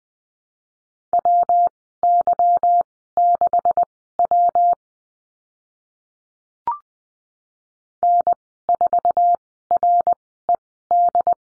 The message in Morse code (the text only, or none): WY6W N4RED